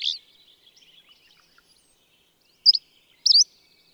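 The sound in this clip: Bird chirps: a harsh opening note, faint soft twitters, then two loud sharp high chirps near the end.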